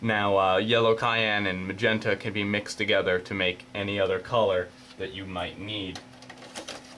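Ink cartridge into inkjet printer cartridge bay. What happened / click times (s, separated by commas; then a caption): The cartridge is handled but not yet clicked home / none. Someone talks while an ink cartridge is handled at the cartridge bay of a Brother MFC-495CW inkjet printer, with a few faint, brief handling taps near the end around 6.2 to 6.7 seconds. The cartridge has not seated or clicked into place yet.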